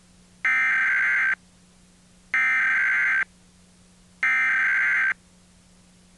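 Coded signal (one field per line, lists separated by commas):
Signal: Emergency Alert System (SAME) tones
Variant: header bursts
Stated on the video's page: EAS national test on WNEP television, Wilkes-Barre/Scranton area, with bad audio across every station in the market.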